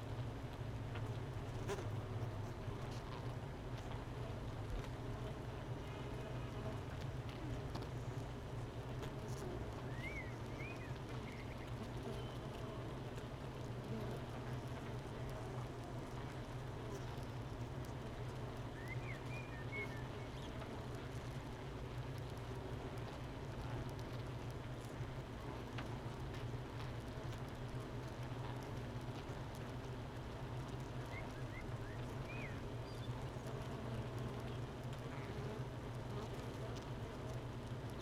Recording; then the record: honeybee colony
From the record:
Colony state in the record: missing queen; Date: 31 May 2018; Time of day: 9:12